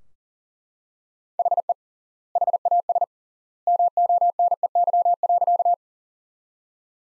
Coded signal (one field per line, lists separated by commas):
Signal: Morse code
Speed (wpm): 40 wpm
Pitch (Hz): 700 Hz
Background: none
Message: HE HAS MONEY.